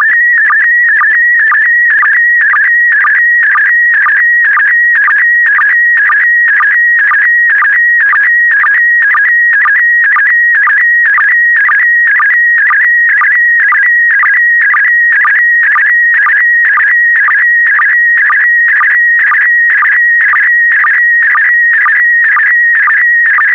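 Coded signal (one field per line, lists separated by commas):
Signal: SSTV (slow-scan television)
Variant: PD120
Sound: continuous warbling whistle near 2 kHz with a short low blip about twice a second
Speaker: complete. You can now check your decoded image against the picture that is shown on the video.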